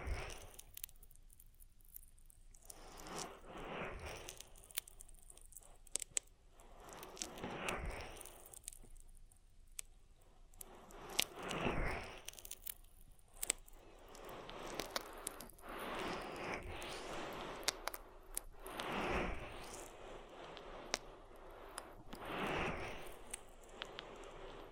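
Oil ear massage with slick, squishy rubbing and wet crackles that come in uneven waves, swelling and fading every few seconds. Sharp little clicks and pops dot the whole stretch, with brief near-silent gaps early on and a denser, busier run in the middle.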